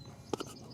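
A power cord slides out of the channel of a battery power mount, coming free easily and releasing with a soft hit at 0.3 s. A second, weaker tap follows at 0.4 s.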